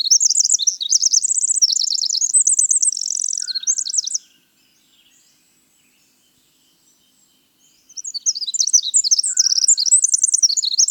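Winter wren song: rapid high trills and twittering phrases running about four seconds, a silent pause, then a second bubbling burst of high notes.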